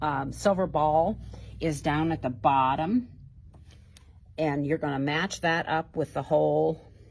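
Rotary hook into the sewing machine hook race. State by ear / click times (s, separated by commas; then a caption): not seated / none. Someone talks while lining up a rotary hook, with its small silver ball down at the bottom, with its hole before pushing it into the hook race of a Bernina 790 sewing machine. A faint tick is heard around 4.0 s in a pause between the talking. The hook has not seated or clicked into place yet.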